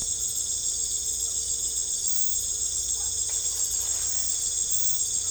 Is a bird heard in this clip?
no